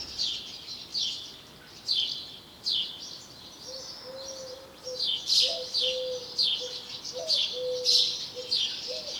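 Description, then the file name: House sparrow chirping in repeated bright bursts, joined in the second half by a low, drawn-out wavering tone. "Passer domesticus"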